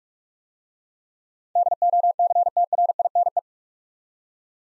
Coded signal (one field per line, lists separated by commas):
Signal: Morse code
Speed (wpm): 44 wpm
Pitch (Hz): 700 Hz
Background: none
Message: DOCTRINE